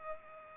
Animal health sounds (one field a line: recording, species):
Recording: mosquito wingbeat signal from an infrared sensor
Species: Culex pipiens